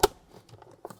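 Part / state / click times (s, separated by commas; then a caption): upper steering column cover onto lower column shroud / seated / 0.0 s. A plastic upper steering column cover on a Ford is brought down onto the lower column shroud, lined up on alignment pins on both sides and pressed in without much force. It gives a sharp click at 0.0 s as it snaps into place, followed by quiet handling noise and two faint taps near 0.9 s. The cover is seated and holds securely.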